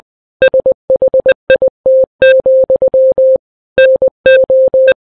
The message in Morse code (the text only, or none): SHIT, NO